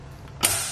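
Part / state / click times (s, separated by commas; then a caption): tilt latch of a hitch bike rack mast on its hitch bar / seated / 0.4 s. A Thule Camber 4-bike hitch-mounted rack on a 2019 Honda Odyssey has its mast raised back up until the metal tilt latch locks on the hitch bar. After a low, quiet rumble, a sharp metallic click lands at 0.4 s and is followed by a bright hiss that slowly fades. The latch seats in place.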